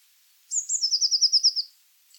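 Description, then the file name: Eurasian blue tit song, one phrase of high thin notes followed by a quick, slightly descending trill of evenly spaced elements. "Cyanistes caeruleus"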